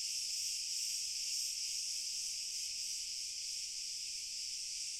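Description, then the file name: Crickets trilling in a steady, dense high-pitched chorus that continues without pause throughout, with no other clear sounds. Several crickets. "Schlag Ton Grillen"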